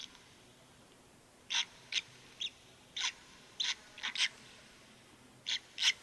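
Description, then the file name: Red-rumped swallow calls: short, bright chirps given singly and in quick pairs, scattered irregularly over a few seconds, with faint background hiss. "Rondine Rossiccia"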